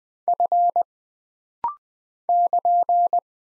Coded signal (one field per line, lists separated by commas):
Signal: Morse code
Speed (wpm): 20 wpm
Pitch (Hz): 700 Hz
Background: none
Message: F <KN>